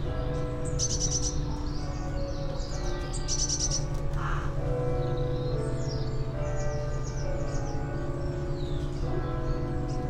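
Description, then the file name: Eurasian blue tit gives two brief high buzzy pulsed bursts early on, then other birds' thin sweeping chirps continue above a constant low droning hum. "Cyanistes caeruleus"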